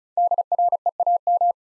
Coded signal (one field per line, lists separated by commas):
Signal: Morse code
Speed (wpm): 36 wpm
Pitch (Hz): 700 Hz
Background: none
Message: DREAM